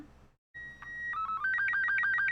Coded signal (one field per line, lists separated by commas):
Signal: SSTV (slow-scan television)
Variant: Robot 36